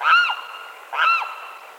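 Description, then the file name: Limpkin calls: two harsh wailing cries, each short and falling at the end, spaced about a second apart. Recorded at Quinto Potrero on 8 September 2002. "Aramusguarauna Quinto Potrero 8 SEP 02"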